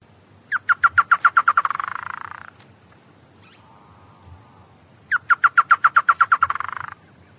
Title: LuckyPassaro Completos2Sama. Chotoy Spinetail (Schoeniophylax phryganophilus)